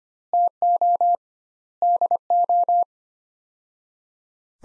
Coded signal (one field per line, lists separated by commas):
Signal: Morse code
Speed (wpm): 25 wpm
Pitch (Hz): 700 Hz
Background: none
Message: TO DO